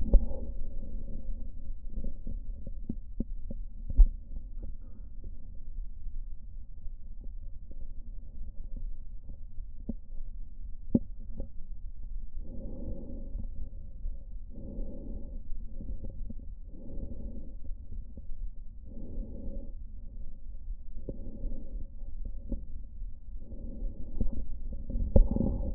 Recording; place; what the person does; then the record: lung sounds by stethoscope; right posterior basal chest; quiet breathing, then deep breathing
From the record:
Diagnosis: none (healthy); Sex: male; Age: 29 years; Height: 180 cm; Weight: 100 kg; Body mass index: 30.9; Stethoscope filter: diaphragm mode